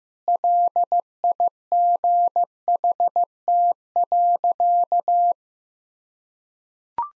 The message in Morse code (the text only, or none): LIGHT.